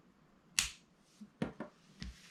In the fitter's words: almost didn't get that clicked into place